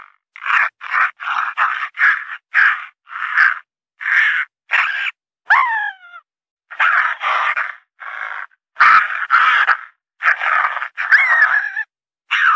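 Raccoon calls: a series of harsh, wavering chitters and short squeals, with one brief descending whine midway.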